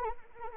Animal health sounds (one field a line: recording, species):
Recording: mosquito wingbeat signal from an infrared sensor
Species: Anopheles arabiensis